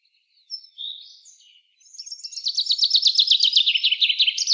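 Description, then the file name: Common chaffinch singing: a few thin notes lead into a rapid trill of repeated notes that steps downward in pitch. "Fringilla coelebs"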